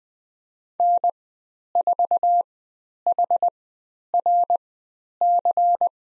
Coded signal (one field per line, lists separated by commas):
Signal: Morse code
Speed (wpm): 20 wpm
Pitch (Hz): 700 Hz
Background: none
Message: N4HRC